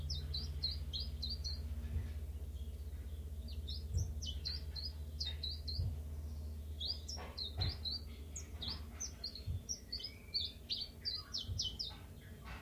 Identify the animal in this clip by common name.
Common Chiffchaff